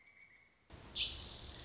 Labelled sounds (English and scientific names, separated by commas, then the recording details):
Pileated Woodpecker (Dryocopus pileatus)
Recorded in Sonoma County, California